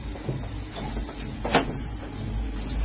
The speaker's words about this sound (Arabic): افتح الباب يا